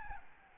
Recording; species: mosquito wingbeat signal from an infrared sensor; Aedes albopictus